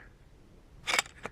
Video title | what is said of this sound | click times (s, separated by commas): Adventure Mate V3 Mega Multitool Review - Camping Multitool Axe Saw Shovel Test | That's the key. Locks into place. | 1.0 s